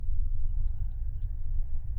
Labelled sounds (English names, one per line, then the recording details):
House Finch song
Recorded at Babylon on Long Island, New York, on 22 May 1975
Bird B